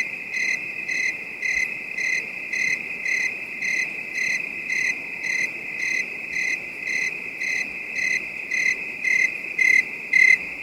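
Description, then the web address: Crickets chirping at night: a steady high-pitched trill under shorter pulsed chirps, repeating about twice a second, with soft background hiss. Night ambience; a calm, distant bed of high-pitched crickets. "public music beds, affects and jingles Effects Nature Ambiences Night Ambience Calm Distant Bed of High-pitched Crick"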